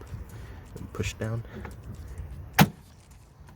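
On a VW Polo 6R/6C, the socket end of a bonnet gas strut is set on top of the small ball stud and pushed down while someone talks. It snaps on with one sharp click at 2.6 s and is seated.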